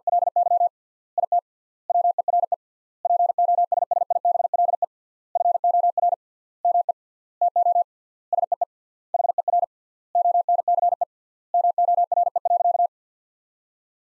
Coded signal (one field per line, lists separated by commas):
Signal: Morse code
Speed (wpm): 50 wpm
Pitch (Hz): 700 Hz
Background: none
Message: LY IT WERE POSSIBLE FOR ME TO SEE HER ONCE MORE.